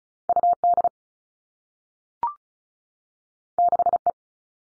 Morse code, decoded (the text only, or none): U D 6 E